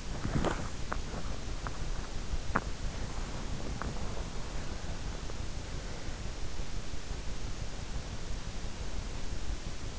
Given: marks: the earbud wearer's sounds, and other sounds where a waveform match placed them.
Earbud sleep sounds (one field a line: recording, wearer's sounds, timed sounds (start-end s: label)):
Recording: sounds in sleep by an in-ear microphone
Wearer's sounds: body movement, teeth grinding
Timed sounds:
0.00-4.52 s: body movement
0.83-4.09 s: teeth grinding